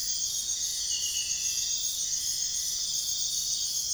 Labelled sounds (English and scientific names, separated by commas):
none